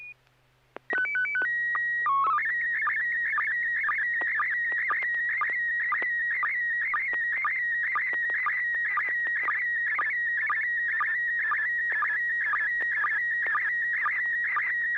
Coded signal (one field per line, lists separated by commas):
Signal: SSTV (slow-scan television)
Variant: PD 120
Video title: N6NA SSTV Net - 08/02/2023